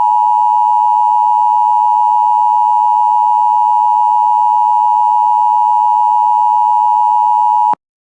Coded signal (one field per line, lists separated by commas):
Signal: Emergency Alert System (SAME) tones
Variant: 853 and 960 Hz attention tone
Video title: EAS #252 Flash Flood Warning